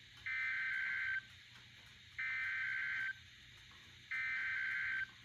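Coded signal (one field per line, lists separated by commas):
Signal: Emergency Alert System (SAME) tones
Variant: header bursts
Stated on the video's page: Captures of EAS alerts and weather radio broadcasts.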